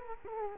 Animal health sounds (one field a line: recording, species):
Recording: mosquito wingbeat signal from an infrared sensor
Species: Culex quinquefasciatus